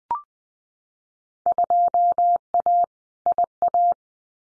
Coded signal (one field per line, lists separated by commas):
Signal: Morse code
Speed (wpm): 20 wpm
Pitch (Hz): 700 Hz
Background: none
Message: 2A IA